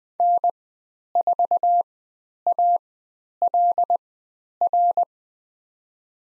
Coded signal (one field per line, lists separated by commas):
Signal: Morse code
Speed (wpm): 20 wpm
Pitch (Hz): 700 Hz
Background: none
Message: N4ALR